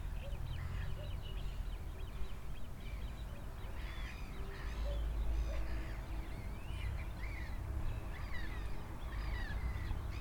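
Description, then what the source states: Birds chattering with many quick chirps and slurred notes over heavy low traffic noise. Recorded at a lake beside a highway.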